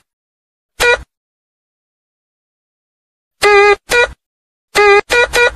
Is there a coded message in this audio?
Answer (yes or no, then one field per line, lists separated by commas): no